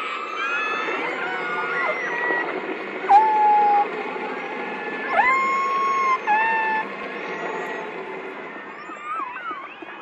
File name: le chant des orques